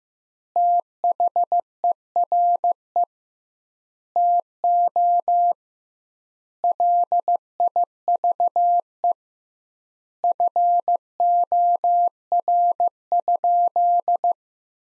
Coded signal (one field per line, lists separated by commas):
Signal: Morse code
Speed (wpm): 15 wpm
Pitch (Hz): 700 Hz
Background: none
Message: THERE TO LIVE FOR?